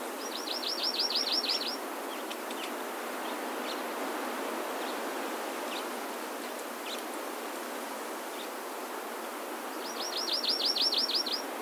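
Hawaii amakihi trill: a fast, even series of high notes near the start and again near the end, with scattered faint chips between and steady background hiss.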